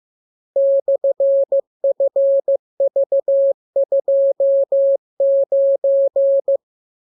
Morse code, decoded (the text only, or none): /FV29